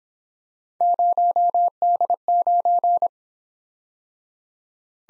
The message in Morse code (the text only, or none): 0D9